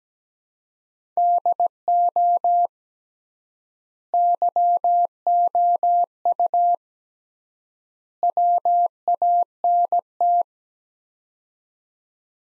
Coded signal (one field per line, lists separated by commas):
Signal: Morse code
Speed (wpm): 17 wpm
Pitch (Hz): 700 Hz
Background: none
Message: DO YOU WANT